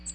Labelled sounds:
American Redstart (Setophaga ruticilla) flight call

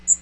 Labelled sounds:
Magnolia Warbler (Setophaga magnolia) flight call

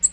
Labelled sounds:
Nashville Warbler (Leiothlypis ruficapilla) flight call

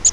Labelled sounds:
Grace's Warbler (Setophaga graciae) flight call

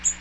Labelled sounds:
Magnolia Warbler (Setophaga magnolia) flight call

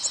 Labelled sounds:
Nashville Warbler (Leiothlypis ruficapilla) flight call

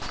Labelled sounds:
Grace's Warbler (Setophaga graciae) flight call

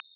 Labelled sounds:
Black-throated Blue Warbler (Setophaga caerulescens) flight call

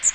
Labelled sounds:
Magnolia Warbler (Setophaga magnolia) flight call

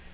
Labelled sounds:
Black-throated Green Warbler (Setophaga virens) flight call

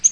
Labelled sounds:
Yellow-rumped Warbler (Setophaga coronata) flight call

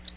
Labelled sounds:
Nashville Warbler (Leiothlypis ruficapilla) flight call

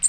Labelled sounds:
American Redstart (Setophaga ruticilla) flight call

